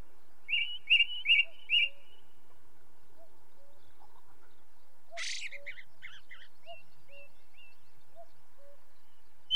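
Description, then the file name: Ring ouzel song of four quick piping notes at the start, then a harsh burst and varied chatter from another bird over soft low repeated calls. Ring ouzel song from the British Isles, with another bird singing and red grouse and cuckoo in the background. "Ring Ouzel song, with song of second bird, red grouse and cuckoo in background"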